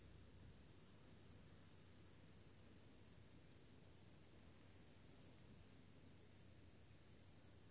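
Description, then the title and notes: Grasshopper stridulation, a continuous thin high buzz holding at an even level throughout, with low wind-like rumble underneath. A single small grasshopper, countryside near the small town of General Alvear, under the summer sun, recorded a few years earlier while filming a documentary. "Relaxing Sounds - Nature - Grasshopper. a small town called General Alvear. I found myself in the middle of the countryside under the summer sun and this little grasshoper appeard"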